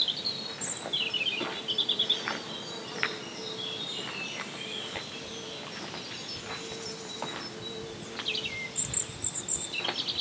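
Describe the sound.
Birds chirping in short, high twittering bursts near the start and again near the end, over steady crunching footsteps on gravel.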